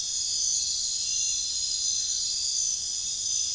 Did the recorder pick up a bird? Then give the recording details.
no. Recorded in pastures near Puerto Asís, Putumayo, Colombia, on 22 June 2025 at 23:00. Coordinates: 0.466, -76.322. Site GP07